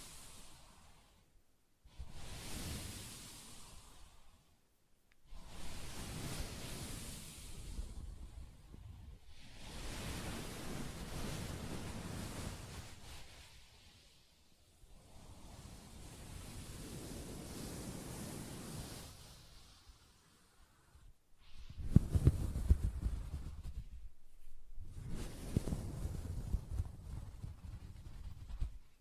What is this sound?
Soft Fabric Surface Tapping & Scratching